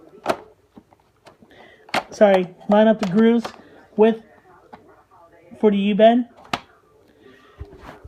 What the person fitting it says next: a light little click and then it'll connect on just like that